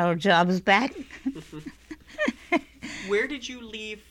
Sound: she laughs

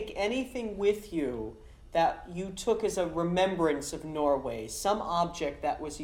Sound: none

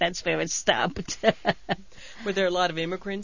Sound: she laughs

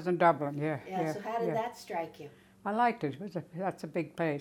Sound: none

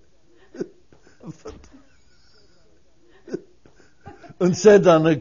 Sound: they laugh

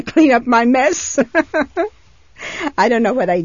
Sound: she laughs

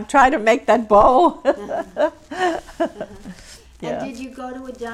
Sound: she is laughing

